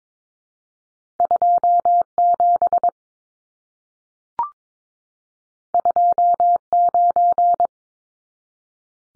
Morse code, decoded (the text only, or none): 27 29